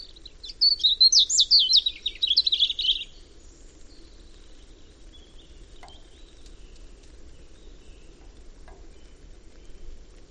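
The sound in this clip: European robin song: a single rapid phrase of high, thin warbling notes and trills in the first three seconds, then quiet with a low steady hum.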